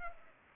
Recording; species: mosquito wingbeat signal from an infrared sensor; Culex pipiens